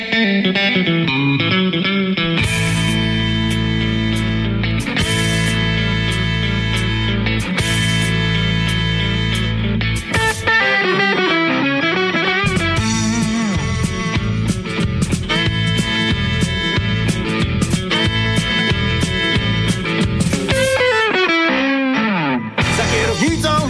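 An instrumental song intro with a full band: distorted electric guitar lines over steady bass and drums, loud and continuous, with a brief break near the middle before the groove resumes. No singing yet.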